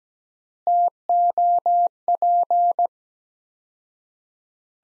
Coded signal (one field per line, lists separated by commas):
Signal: Morse code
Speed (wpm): 17 wpm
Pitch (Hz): 700 Hz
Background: none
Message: TOP